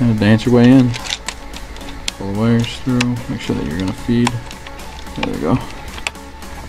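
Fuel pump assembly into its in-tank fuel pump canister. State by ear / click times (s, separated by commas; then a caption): seated / 6.1 s. An in-tank fuel pump assembly for a Neon SRT4 is lined up with the groove in its fuel pump canister, with the wires kept clear, and worked all the way in while someone talks over background music. It snaps into place with a sharp click at 6.1 s, seating the pump in the canister.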